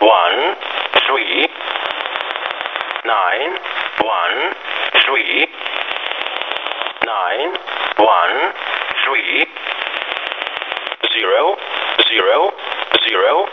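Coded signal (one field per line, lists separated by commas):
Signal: numbers station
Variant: E07a English Man, English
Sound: a man's voice reads digits in English, nine one three repeated, then zero zero zero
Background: radio static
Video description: The "913" is likely the field agent number. The "000" code is a null message, meaning that no message is being transmitted.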